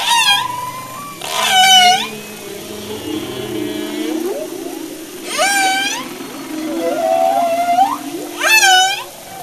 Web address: humpback whale